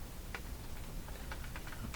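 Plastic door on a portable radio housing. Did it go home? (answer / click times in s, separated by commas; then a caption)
no / none. A small plastic door on the housing of a portable plastic AM-FM radio, being inspected for a broken part, is pressed shut. Faint ticks and taps come through a low background hum, ending in a louder sharp tap near 2.0 s. The door does not latch, and nothing has snapped closed.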